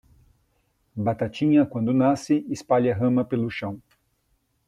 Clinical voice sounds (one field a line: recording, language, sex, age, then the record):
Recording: short text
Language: Brazilian Portuguese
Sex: male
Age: 50 to 59 years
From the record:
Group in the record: control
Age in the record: 54 years